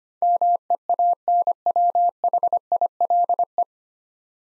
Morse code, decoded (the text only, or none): MEANWHILE